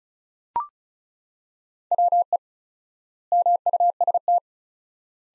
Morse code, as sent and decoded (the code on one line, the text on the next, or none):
.-- . / -- ..- ... -
WE MUST